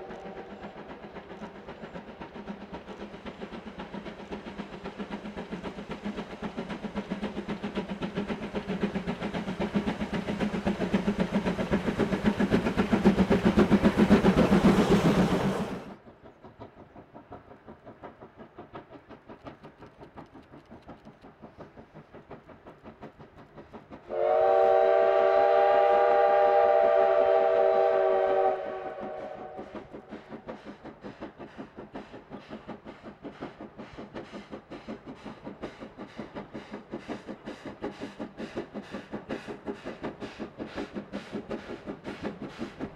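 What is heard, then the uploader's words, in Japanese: A steam train roars until an abrupt cut at fifteen seconds, then a long bright whistle sounds, followed by steady rhythmic clacking. 2004年新緑の頃にJR磐越東線で運行された「SLあぶくま号」です。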